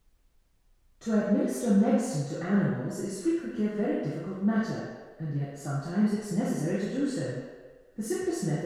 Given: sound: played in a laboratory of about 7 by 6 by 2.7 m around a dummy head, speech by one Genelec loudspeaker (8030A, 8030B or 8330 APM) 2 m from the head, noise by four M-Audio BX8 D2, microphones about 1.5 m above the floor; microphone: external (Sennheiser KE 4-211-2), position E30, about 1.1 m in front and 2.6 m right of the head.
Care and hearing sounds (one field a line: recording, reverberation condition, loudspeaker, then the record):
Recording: female speech in English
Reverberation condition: high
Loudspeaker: 60 degrees to the right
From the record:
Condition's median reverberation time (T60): about 1300 ms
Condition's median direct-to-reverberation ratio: about -4.0 dB